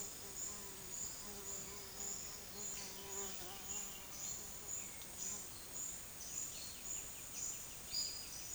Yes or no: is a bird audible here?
yes